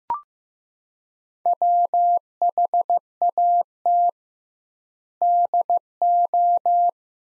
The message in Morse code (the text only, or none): WHAT DO